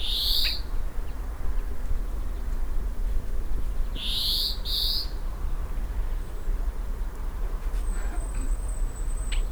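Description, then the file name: European greenfinch giving short bright calls, one near the start and a quick pair about four seconds later, over steady low rumbling background noise and a faint thin whistle. "Chloris chloris"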